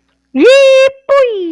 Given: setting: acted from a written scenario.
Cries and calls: vocal sound without words; elation

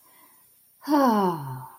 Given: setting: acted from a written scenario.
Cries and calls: vocal sound without words; serenity

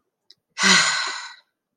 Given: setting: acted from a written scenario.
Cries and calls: vocal sound without words; disappointment

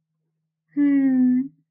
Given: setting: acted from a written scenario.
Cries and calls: vocal sound without words; contentment

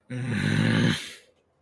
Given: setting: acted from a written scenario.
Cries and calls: vocal sound without words; shame

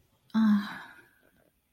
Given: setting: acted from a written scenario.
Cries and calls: vocal sound without words; serenity

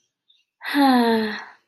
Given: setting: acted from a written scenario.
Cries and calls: vocal sound without words; guilt

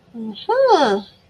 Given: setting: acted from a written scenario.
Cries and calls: vocal sound without words; interest

